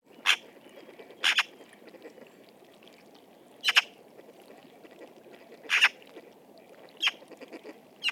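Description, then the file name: Eurasian magpie giving harsh, scratchy calls, about six bursts spaced one to two and a half seconds apart. "Pica pica"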